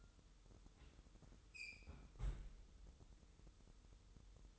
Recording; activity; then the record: daily activity, microphone in the room; close fridge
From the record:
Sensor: 3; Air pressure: 988.4 hPa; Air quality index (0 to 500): 191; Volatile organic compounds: 262 ppm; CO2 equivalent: 4392 ppm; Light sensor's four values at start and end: 24/74/31/27 and 24/74/31/27